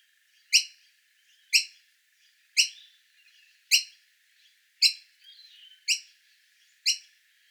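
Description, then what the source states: Noisy Miner begging calls, harsh high-pitched rasping notes repeated about once a second, seven strident calls with faint softer chatter between them. Juvenile begging to be fed.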